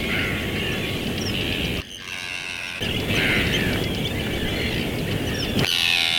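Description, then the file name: Bird chorus of high twittering and occasional short whistles, briefly dropping away for about a second before resuming, over low background rumble. "oiseaux"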